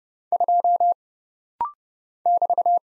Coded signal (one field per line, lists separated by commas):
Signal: Morse code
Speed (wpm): 31 wpm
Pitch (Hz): 700 Hz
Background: none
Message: 2 <BT>